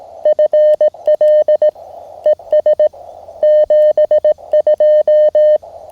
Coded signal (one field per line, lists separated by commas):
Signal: Morse code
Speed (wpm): 18 wpm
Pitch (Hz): 590 Hz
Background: none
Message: FL ES 72